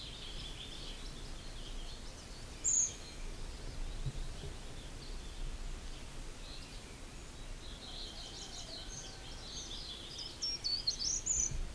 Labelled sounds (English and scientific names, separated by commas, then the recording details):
Short-toed Treecreeper (Certhia brachydactyla)
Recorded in the wild
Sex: male
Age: adult
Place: Schloß Holte-Stukenbrock, Senne, Nordrhein-Westfalen, DE
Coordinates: 51.8692, 8.66167
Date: 1967-05-20
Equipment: Uher 4000 Report-S, Bändchenmikro Beyer M 260, Parabolspiegel Polyester (470 mm)
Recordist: Conrads, Klaus